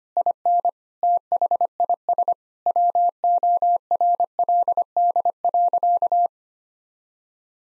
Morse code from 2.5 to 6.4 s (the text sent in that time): WORLD.